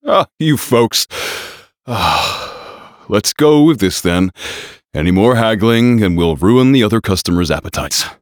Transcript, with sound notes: Ah, you folks... *sigh* Let's go with this, then. Any more haggling, and we'll ruin the other customers' appetites.